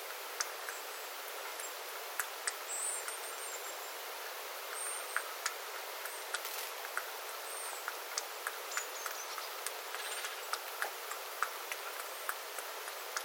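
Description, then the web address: Small birds giving thin, very high call notes scattered throughout, over steady, irregular dripping of water and a soft background hiss. Small flock calling while water drips from the eaves after rain, recorded 9 September 2025. "paivat 9 9 2025 pikkulintuparven aantelya vesi tippuu raystaalta sateen jalkeen"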